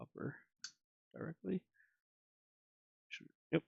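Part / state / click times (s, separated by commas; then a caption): cooler mounting part into PC motherboard/cooler assembly / seated / 3.6 s. During a gaming PC rebuild, a mounting piece, likely for the CPU cooler, is fitted into the cooler assembly on the motherboard while the upper part is kept from being touched directly. Someone talks throughout, and a sharp click is heard at 3.6 s as the piece snaps into place and is confirmed seated.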